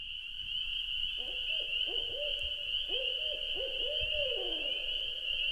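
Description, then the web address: Owl hooting, a run of short hoots that fall at their ends, closing with a longer drawn-out falling note, over a steady high drone. Recorded at night at a lake in Wisconsin in 2019. "Wisconsin 2019 Owl Night Lake III"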